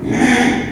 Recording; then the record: squeal of a Yucatan mini pig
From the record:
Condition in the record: after surgery on the right vocal fold (resection and tissue-engineered implant); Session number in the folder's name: 3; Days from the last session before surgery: 33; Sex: male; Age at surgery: 12 weeks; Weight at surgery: 13 kg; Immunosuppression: cyclosporine, prednisolone